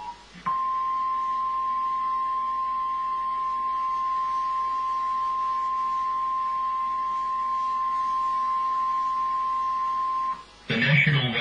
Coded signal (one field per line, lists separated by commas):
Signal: Emergency Alert System (SAME) tones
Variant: 1050 Hz attention tone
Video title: 11/4/2011 -- TEXT portion of the EAS broadcast WILL NOT SAY 'this is a test' on 11/9/11